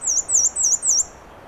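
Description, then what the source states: Black-and-white warbler: four high, squeaky swooping notes in quick succession, then quiet hiss. 13 June 2017 at 9:54 am on the Alder Trail, Schoodic Division, Acadia National Park; Fostex FR2 recorder with Sennheiser ME 66 microphone; edited, level-adjusted, trimmed and high-pass filtered.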